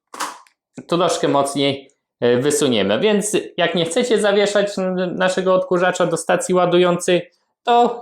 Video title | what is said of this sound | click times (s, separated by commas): Dreame T30 - Odkurzacz, który ma moc! [ENG SUBS] | bateria jest wyciągana Wystarczy że klikniemy tutaj z jednej strony i troszkę mocniej | 0.1 s